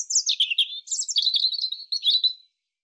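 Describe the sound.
European robin song: one continuous high, liquid warble of rapid sweet notes running for about two and a half seconds before fading out.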